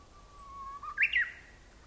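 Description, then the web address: Japanese bush warbler song: a long, steady low whistle held for nearly a second, then a louder, higher, quick two-part flourish. Recorded at Nagaike. "nagaike uguisu"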